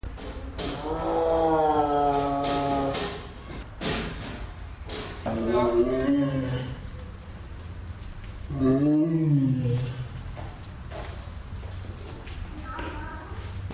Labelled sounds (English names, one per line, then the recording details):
Tiger call
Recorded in captivity
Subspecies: sumatrae
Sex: male
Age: adult
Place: Tiergarten Wilhelma/Stuttgart, Baden-Württemberg, DE
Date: 1996-09-21 18:15
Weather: sunny, 16°C
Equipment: Sony MD-WM MZ-R3, Sennheiser ME 80, Kopie Uher 4000 Report Monitor
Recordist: Tembrock, Günter